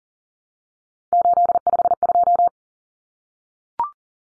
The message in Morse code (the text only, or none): 852